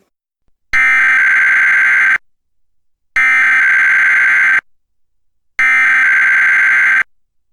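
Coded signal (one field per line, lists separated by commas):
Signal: Emergency Alert System (SAME) tones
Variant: header bursts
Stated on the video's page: Required Weekly Test relayed by a Portland digital TV subchannel, recorded from a GPX digital tuner and recorder.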